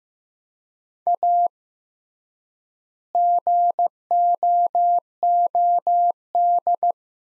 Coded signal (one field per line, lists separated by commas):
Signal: Morse code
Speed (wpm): 15 wpm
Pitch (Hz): 700 Hz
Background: none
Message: A GOOD